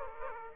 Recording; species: mosquito wingbeat signal from an infrared sensor; Aedes aegypti